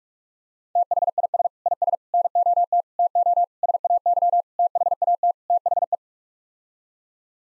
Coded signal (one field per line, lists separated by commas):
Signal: Morse code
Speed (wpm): 44 wpm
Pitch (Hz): 700 Hz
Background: none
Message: THIS IS NOT TO SAY THAT THE